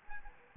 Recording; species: mosquito wingbeat signal from an infrared sensor; Aedes albopictus